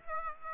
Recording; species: mosquito wingbeat signal from an infrared sensor; Aedes aegypti